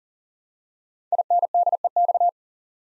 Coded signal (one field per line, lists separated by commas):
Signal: Morse code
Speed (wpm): 39 wpm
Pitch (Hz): 700 Hz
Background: none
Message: INDEX